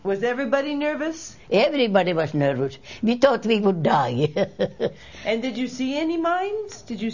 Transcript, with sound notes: Was everybody nervous?
Everybody was nervous. We thought we would die. ( she laughs )
And did you see any mines? Did you see...